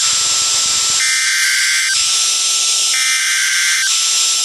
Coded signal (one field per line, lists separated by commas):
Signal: Emergency Alert System (SAME) tones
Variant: header bursts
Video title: Another EAS Video that is not in Chicago... (EAS 161-163) 6/14/23